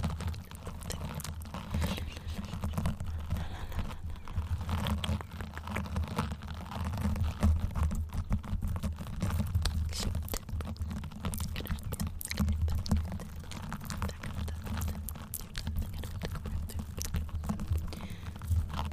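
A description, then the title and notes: Soft mouth sounds and light tapping run steadily under a continuous low hum, with frequent small clicks and brief brighter ticks throughout. There are quite a bit of mouth sounds, and I also added in random triggers I’ve been wanting to try out. Mouth Sounds & Tapping.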